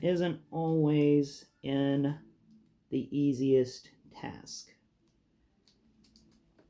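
Someone talks while working the plastic cockpit of a transforming construction-vehicle toy into place in the toy's body, because it never wants to snap together. After the talking, small handling ticks are heard around 5.7, 6.0 and 6.2 seconds. The cockpit has not snapped into place yet.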